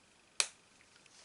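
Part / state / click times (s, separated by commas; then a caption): plastic ball-joint end onto suspension ball stud of an RC car / seated / 0.4 s. A plastic ball-joint end (rod end) is pressed onto a metal ball stud on the suspension of a Pro-Line Pro-Fusion SC 4x4 RC car. A single sharp, bright snap lands at 0.4 s, standing out against near-silence, and the joint clips on well and is seated.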